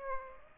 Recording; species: mosquito wingbeat signal from an infrared sensor; Aedes aegypti